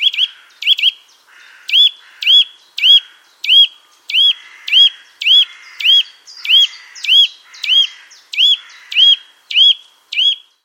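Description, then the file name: Eurasian nuthatch giving a steady run of rising, whistled notes, almost two per second, sustained throughout with little other sound. "Sitta europaea"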